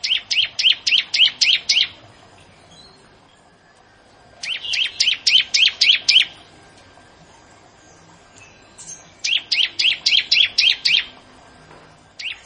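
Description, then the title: Bar-winged prinia singing three bursts of rapid, repeated high chirps, each burst around eight notes, separated by short pauses, with a fourth burst starting at the end. "Ciblek Sawah"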